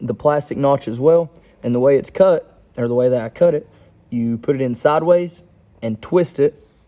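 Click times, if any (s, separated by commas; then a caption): none. Someone talks while a plastic backup camera mount piece is handled for a notched cutout in a Jeep Wrangler JL spare tire delete plate, meant to be put in sideways and twisted to lock. Nothing has seated or clicked yet.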